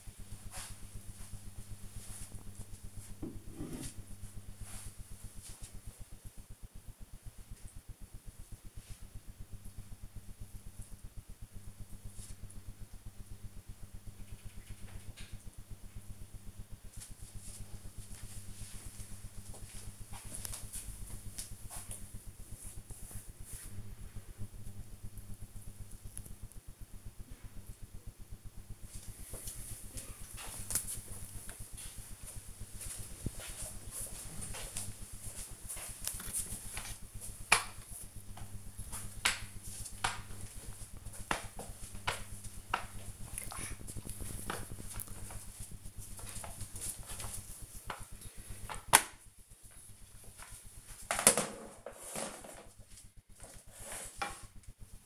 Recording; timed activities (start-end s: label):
household activities, microphone on the right wrist
36.86-55.05 s: floor cleaning